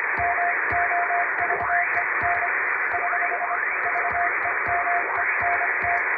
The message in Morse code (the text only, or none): MOVEN <HH> VEMENT